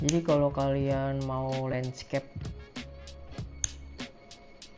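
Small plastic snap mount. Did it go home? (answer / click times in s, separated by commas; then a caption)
yes / 3.6 s. An action camera is pressed down onto a helmet quick-release mount in landscape orientation while someone talks over faint background music. A sharp, short click at 3.6 seconds shows the camera locking into the mount straight away.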